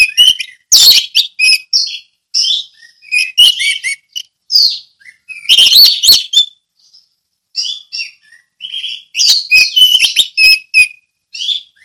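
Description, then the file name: Orange-headed thrush delivering scattered bursts of shrill whistles, chirps and sharp clicks, separated by short silences, over roughly twelve seconds. Song in the ngeplong style. "anis merah ngeplong"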